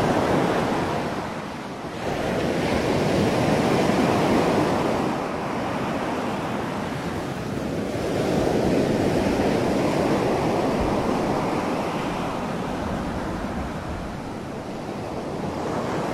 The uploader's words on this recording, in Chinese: 海浪｜海滩之夜｜白噪音。